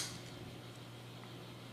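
A plastic mount bracket is handled as it is pushed onto the pan and tilt servo mount of a camera mount assembly. A brief bright rustle at the start fades into quiet, faint handling noise over a steady low hum. Nothing has seated or clicked yet.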